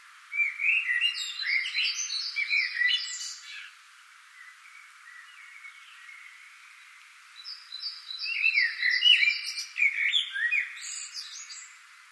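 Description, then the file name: Common blackbird song in two bursts of rich, fluty warbling, each ending in thin, squeaky twittering. "Turdus merula"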